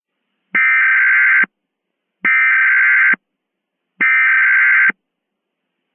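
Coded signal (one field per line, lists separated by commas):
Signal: Emergency Alert System (SAME) tones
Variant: header bursts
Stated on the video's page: Mock EAS scenario with valid EAS tones, not a real alert.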